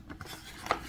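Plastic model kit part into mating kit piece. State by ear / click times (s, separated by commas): not seated / none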